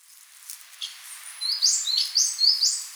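Eurasian Blue Tit calls: faint scattered high notes, then a clearer run of several thin, high chirps, each sliding briefly in pitch.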